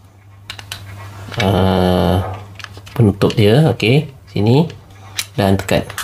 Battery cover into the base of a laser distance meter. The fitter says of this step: klik itu maksudnya masuk nah oke